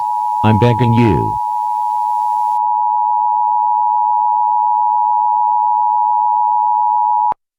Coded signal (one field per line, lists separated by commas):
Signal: Emergency Alert System (SAME) tones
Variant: 853 and 960 Hz attention tone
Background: speech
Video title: Tom hates EAS Tones?! 💀